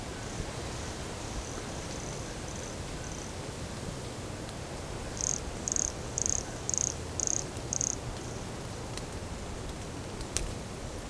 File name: Brachycephalus sulfuratus Morro do Canal 150 cm from microphone LFRibeiro JAN-2017